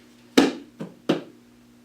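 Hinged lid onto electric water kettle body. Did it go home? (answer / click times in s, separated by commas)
yes / 0.4 s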